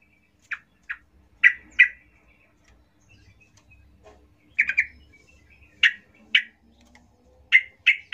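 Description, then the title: Yellow-vented Bulbul song: bright, clipped chirps spaced irregularly, sometimes doubled into quick pairs, over a quiet background. Singing trucuk used as a lure to make trucuk birds sing; described as gacor, ropel ngalas style. "GACOR Ropel Ngalas Pancingan Trucukan Agar Bunyi Jadikan Burung Trucuk"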